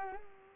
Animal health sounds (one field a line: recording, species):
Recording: mosquito wingbeat signal from an infrared sensor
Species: Culex pipiens